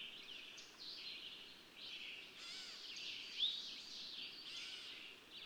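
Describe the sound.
Birds singing in a dense, overlapping chorus of high chirps, warbles and short trills, continuous throughout with no clear pauses, one brief sharper note standing out midway.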